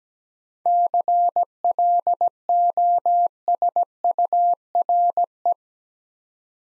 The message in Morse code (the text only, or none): CLOSURE